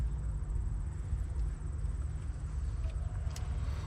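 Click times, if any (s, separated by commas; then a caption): none. In the engine bay of a 1986 Dodge Lancer, a spark plug wire boot is being handled and pushed toward a spark plug, with faint handling noises over a steady low rumble. Nothing has seated or clicked yet.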